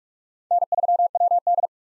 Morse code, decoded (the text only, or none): N3WD